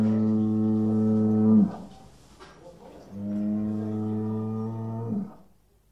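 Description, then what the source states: Cattle mooing in two long, deep, even bellows, each close to two seconds, separated by a quiet gap. Bull, an adult male.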